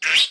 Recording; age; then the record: pig call; piglet (1 to 25 days)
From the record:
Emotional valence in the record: negative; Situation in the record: restrain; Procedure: in the arms of a person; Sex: female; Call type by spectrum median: high-frequency call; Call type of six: low-frequency tonal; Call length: 0.31 s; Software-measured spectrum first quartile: 2434 Hz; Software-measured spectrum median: 3077 Hz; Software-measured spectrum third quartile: 3858 Hz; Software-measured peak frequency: 3808 Hz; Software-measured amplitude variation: 140 dB a second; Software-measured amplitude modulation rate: 14.5 a second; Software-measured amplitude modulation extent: 9.6 dB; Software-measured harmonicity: 3.4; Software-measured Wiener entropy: -2.41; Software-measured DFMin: 754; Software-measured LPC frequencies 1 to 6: 1621, 2393, 2974, 3769, 4786, 5632 Hz